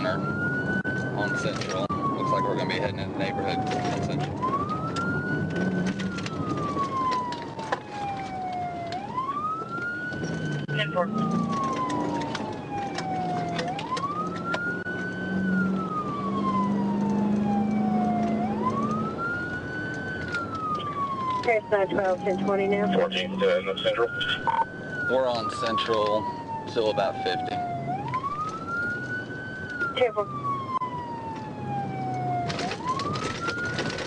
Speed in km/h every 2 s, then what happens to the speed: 81, 81, 85, 71, 60, 72, 77, 87, 98, 93, 81, 85, 74, 71, 71, 76, 69.
0-5 steady at about 81. 5-7 brakes to 60. 8-16 speeds up to 98. 17-19 brakes to 81. 22-25 brakes to 71. 25-31 steady at about 71. 31-34 brakes to 69.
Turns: none.